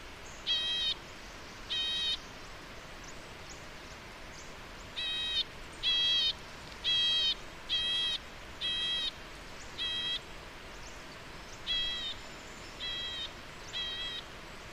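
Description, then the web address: White-cheeked nuthatch calling in bursts of nasal, buzzy notes about once a second, with a gap of about three seconds after the first pair, then a steady series of six, a brief pause, and three more. "White cheeked Nuthatch Sitta leucopsis. white cheeked nuthatch call"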